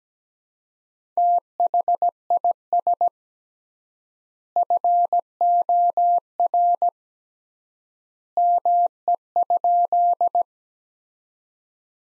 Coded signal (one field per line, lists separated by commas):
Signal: Morse code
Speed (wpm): 17 wpm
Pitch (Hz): 700 Hz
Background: none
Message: THIS FOR ME?